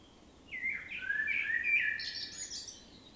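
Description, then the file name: Common blackbird song: a mellow warbled phrase rising into a squeaky, high twittering flourish at the end. "Turdus merula"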